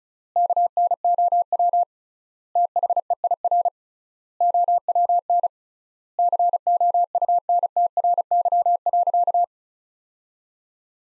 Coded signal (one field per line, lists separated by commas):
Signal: Morse code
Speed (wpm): 36 wpm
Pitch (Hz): 700 Hz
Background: none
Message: KNOW THEIR OWN COUNTRY.